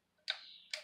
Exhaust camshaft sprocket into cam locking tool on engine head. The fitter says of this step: turn your cam side counterclockwise until your exhaust side clicks in and locks into place